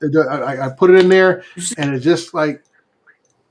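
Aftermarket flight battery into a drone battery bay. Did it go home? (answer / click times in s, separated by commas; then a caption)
partly / 3.2 s, 3.3 s. A man talks as an aftermarket Obsidian flight battery is inserted into a drone's battery bay. Two faint ticks from the latch come at 3.2 and 3.3 seconds, but the battery only clicks in weakly and is not trusted to be fully seated.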